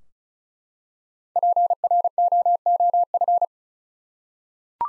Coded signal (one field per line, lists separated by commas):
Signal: Morse code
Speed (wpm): 34 wpm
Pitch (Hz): 700 Hz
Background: none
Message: PROOF